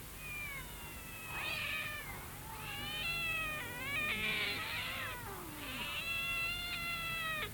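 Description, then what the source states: Domestic cats meowing and caterwauling, several wavering cries, some rising and some sliding down, almost continuously. Evening gathering of about eight cats, including the family cat Olli, at a street corner roughly 300 metres from the house; cats sat close together licking one another.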